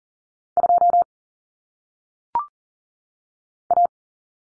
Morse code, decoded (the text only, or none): 2 A